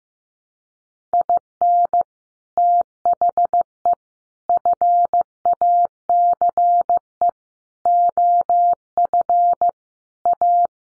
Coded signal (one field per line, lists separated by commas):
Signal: Morse code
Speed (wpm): 15 wpm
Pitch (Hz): 700 Hz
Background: none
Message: IN THE FACE OF A